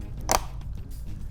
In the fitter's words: press down firmly until they click, and you should be good to go.